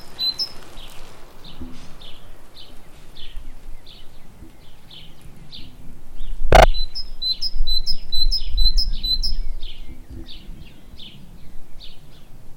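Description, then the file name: Great tit calling with rapid repeated high notes, a sharp click midway, then a brighter series of paired notes over low background noise. "Parus major"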